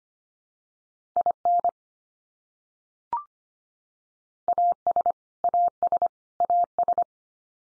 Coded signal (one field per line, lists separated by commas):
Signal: Morse code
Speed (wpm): 25 wpm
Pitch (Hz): 700 Hz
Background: none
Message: IN AS AS AS